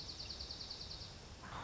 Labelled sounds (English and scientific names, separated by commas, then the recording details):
Dark-eyed Junco (Junco hyemalis)
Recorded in Sonoma County, California